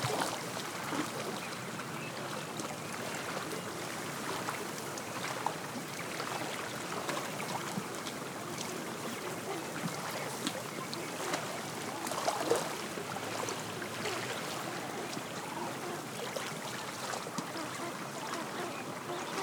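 Small wind waves lap constantly against a tule-lined shore, a dense, steady wash of soft splashes and trickles through the whole clip. Brief brighter swells of rustle rise now and then, around five and twelve seconds, over an even level throughout.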